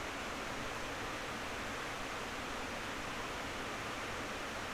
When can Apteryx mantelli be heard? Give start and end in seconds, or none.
none